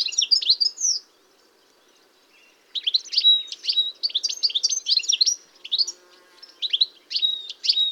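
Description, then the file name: European goldfinch singing bright, fast twittering notes, breaking off briefly, then resuming in a long, jumbled run of tinkling chirps and buzzy trills. "chardonneret elegant"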